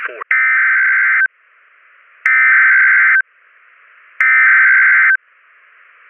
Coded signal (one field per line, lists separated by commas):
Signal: Emergency Alert System (SAME) tones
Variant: header bursts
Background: speech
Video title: EAS Scenario #14 - World War SCP